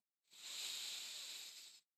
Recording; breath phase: one breath near a microphone; inhalation